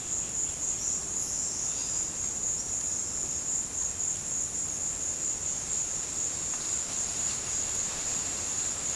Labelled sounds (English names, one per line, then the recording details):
none
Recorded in pastures near Puerto Asís, Putumayo, Colombia, on 22 December 2024 at 15:30
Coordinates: 0.466, -76.322
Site G040